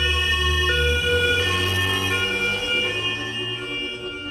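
A police car siren sounds loudly and steadily with layered, harmonic tones, easing off slightly toward the end. No one speaks over it.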